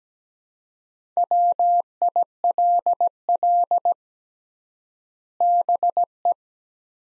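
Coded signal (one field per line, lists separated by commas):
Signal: Morse code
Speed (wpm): 17 wpm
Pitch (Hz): 700 Hz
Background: none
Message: WILL BE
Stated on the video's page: Morse practice sets of two words at 17 wpm with 3x word-spacing, a Farnsworth-like method applied to words, for head-copying.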